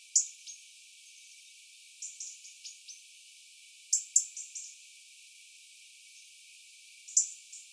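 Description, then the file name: European robin giving sharp clicking ticks in pairs and singles, spaced a few seconds apart, with soft high notes softly between them. "Erithacus rubecula"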